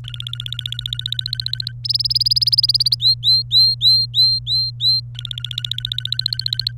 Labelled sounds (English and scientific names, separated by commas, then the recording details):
Domestic Canary (Serinus canaria) song
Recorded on 27 April 2018 at 14:14
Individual llb3